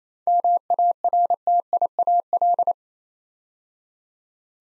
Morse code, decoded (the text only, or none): MARTIAL